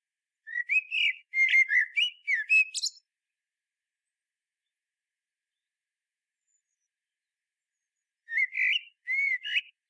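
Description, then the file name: Common blackbird song: a flowing phrase of low, flute-like whistles ending in a thin squeak, followed by a long pause and a shorter second phrase. "Turdus merula"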